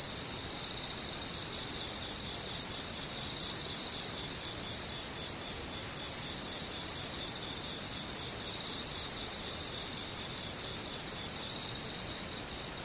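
Insects sing in a high, thin trill that pulses evenly, about three beats a second, for the first ten seconds. After that the pulsing stops and a steady high buzz carries on to the end, over a constant soft hiss.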